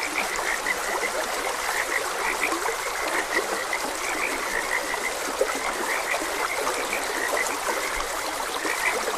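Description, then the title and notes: Frog chorus of many brief chirpy croaks at one pitch, overlapping and continuous, above a constant hiss of flowing water. Frogs croaking beside a gentle stream. "Gentle Stream and Frogs Croaking. Calming Sounds of Nature. Sleep and Relaxation Podcast"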